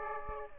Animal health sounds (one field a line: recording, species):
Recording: mosquito wingbeat signal from an infrared sensor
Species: Aedes aegypti